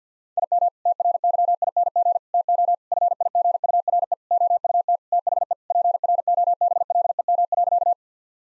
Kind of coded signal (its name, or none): Morse code